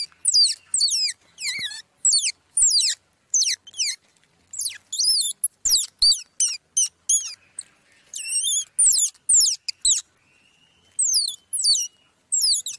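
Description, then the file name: Squirrel pup squeaking: thin, very high notes that drop in pitch, repeated insistently in clusters with short gaps. Young squirrel calling for its mother. "Tieng soc con keu goi me"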